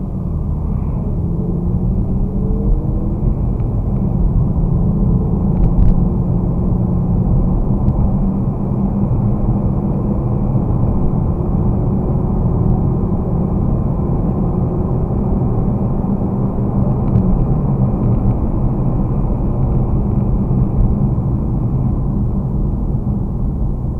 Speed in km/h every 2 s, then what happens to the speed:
24, 33, 42, 50, 57, 61, 64, 68, 70, 68, 59, 48.
0-15 speeds up to 70. 15-24 slows to 48.